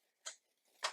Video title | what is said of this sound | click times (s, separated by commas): Transformers Legacy Titan Class Metroplex - VIDEO REVIEW | It really is that hard to get these things snapped into place. | 0.3 s, 0.9 s